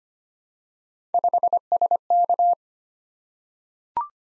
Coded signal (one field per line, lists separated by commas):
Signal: Morse code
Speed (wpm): 25 wpm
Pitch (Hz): 700 Hz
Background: none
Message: 5SK